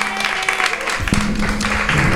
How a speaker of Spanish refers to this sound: Programa de lujo, programa de lujo. La verdad, un aplauso para Sonde.